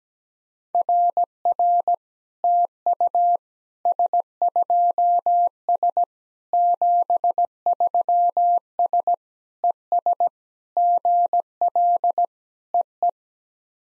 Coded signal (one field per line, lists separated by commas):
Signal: Morse code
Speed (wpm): 17 wpm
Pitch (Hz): 700 Hz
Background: none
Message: RR TU S2S 73S ES GL EE